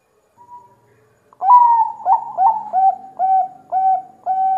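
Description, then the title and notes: Zebra dove song starting after a quiet second: a falling opening note, then evenly spaced coo notes. Long-duration zebra dove song used as a lure; gacor, meaning a bird singing frequently and energetically. "Pancingan Perkutut Durasi Panjang. Suara Burung Perkutut Gacor"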